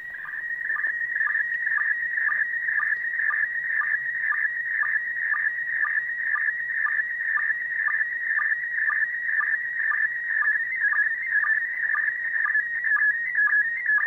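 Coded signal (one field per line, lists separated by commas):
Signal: SSTV (slow-scan television)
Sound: continuous warbling tone with rhythmic low blips about twice per second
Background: radio static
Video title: ISS SSTV 20 Years ARISS Part 6! 27.12.2020!🎅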